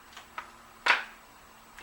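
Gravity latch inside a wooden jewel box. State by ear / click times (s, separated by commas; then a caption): seated / 0.4 s. A wooden puzzle box (a jewel box) is held to the chest and squeezed with the fingers until its hidden gravity latch engages inside. A soft, sharp click is heard at 0.4 s and the latch is seated. Softer taps follow, including a louder brief rustle near 0.9 s and a faint tick near 1.8 s.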